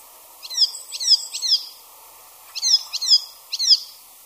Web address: ljud Hippolais icterina